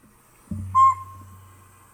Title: northern pygmy owl